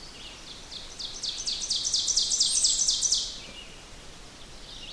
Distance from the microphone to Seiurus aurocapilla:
about 20 m